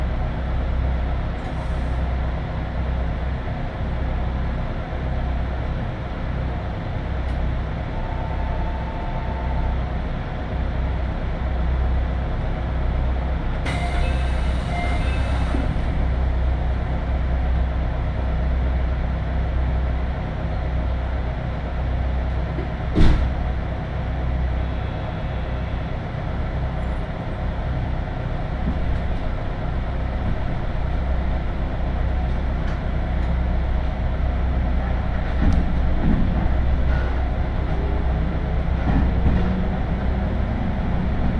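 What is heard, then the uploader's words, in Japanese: A local train on the Tokaido Line rumbles steadily with a deep, even drone, broken by a brief hiss near fifteen seconds and a sharp click around twenty-three. 東海道本線各駅停車 豊橋→西岡崎。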